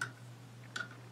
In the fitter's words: nesta estrela e apenas encaixa no lugar assim e